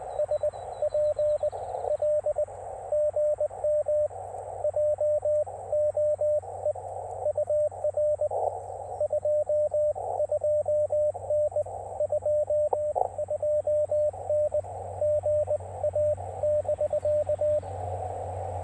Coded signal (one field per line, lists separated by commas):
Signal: Morse code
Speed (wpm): 20 wpm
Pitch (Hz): 600 Hz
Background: radio noise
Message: SPL GM JOE UR 22N 22N GA <BK>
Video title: Can this antenna POTA? 📶17’ RandoWire QRP antenna 📡